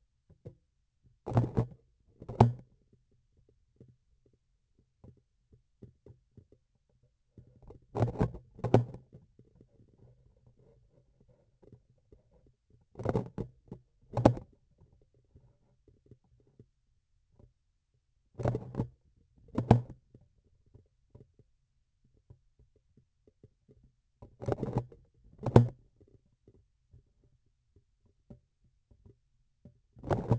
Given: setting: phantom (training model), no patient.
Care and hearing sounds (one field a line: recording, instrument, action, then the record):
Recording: laparoscopic instrument, vibration sensor on the handle end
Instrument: grasping forceps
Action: opening and closing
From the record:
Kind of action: tool actuation without material contact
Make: other than Olympus